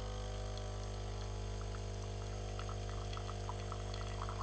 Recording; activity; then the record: daily activity, microphone in the room; make coffee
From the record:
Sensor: 4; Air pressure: 1010.2 hPa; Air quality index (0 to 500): 179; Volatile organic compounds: 5 ppm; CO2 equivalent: 1813 ppm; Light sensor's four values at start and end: 28/85/33/33 and 27/79/31/31